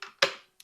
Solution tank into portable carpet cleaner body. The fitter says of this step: and then once you have the solution in there you'll just pop it in there until it clicks